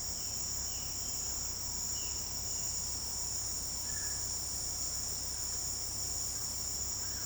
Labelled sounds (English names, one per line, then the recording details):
Violaceous Jay
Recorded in secondary vegetation near Puerto Asís, Putumayo, Colombia, on 20 February 2024 at 15:00
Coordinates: 0.489, -76.322
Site G6419